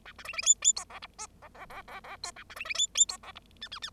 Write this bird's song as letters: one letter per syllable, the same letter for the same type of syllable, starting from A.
A B C C D D E F G H F F F F F E A B C C D D E F G I I I